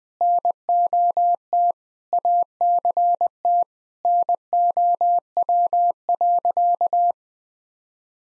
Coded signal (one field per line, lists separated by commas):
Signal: Morse code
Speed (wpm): 21 wpm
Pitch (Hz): 700 Hz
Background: none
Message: NOT ACT NOW.